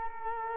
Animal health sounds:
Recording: mosquito wingbeat signal from an infrared sensor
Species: Culex quinquefasciatus

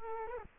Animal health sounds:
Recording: mosquito wingbeat signal from an infrared sensor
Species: Culex quinquefasciatus

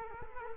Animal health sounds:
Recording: mosquito wingbeat signal from an infrared sensor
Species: Culex quinquefasciatus

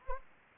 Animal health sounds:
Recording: mosquito wingbeat signal from an infrared sensor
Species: Anopheles arabiensis

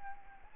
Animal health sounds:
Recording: mosquito wingbeat signal from an infrared sensor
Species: Anopheles arabiensis

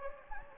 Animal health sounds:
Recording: mosquito wingbeat signal from an infrared sensor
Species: Anopheles gambiae

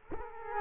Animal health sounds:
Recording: mosquito wingbeat signal from an infrared sensor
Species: Culex quinquefasciatus

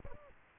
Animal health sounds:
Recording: mosquito wingbeat signal from an infrared sensor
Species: Aedes albopictus

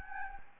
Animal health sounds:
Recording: mosquito wingbeat signal from an infrared sensor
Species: Anopheles gambiae

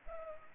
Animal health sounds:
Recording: mosquito wingbeat signal from an infrared sensor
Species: Culex pipiens

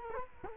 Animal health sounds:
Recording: mosquito wingbeat signal from an infrared sensor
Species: Culex quinquefasciatus

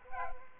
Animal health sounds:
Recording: mosquito wingbeat signal from an infrared sensor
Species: Aedes albopictus

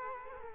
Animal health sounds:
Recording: mosquito wingbeat signal from an infrared sensor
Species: Culex quinquefasciatus

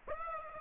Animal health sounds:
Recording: mosquito wingbeat signal from an infrared sensor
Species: Aedes aegypti

